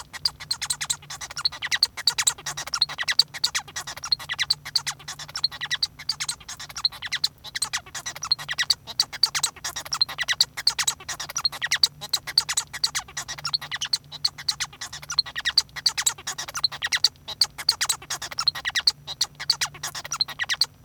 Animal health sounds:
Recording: song of a male Bengalese finch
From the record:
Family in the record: son of father 1

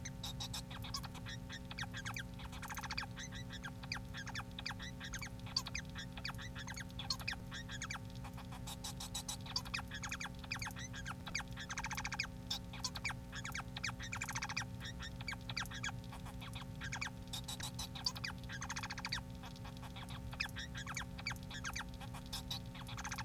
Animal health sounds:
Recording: song of a male Bengalese finch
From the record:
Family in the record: son of father 4

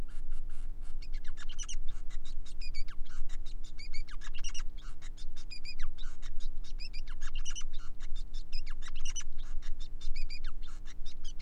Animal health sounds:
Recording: song of a male Bengalese finch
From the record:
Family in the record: son of father 5

